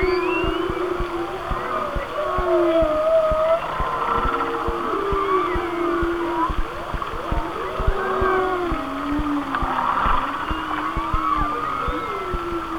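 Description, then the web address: Whale song: low moans glide downward in succession while higher whistles and squeaks overlap, accompanied throughout by crackling clicks. "Natures Songs Whale Songs Whale Songs"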